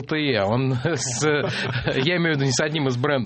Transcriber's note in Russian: смех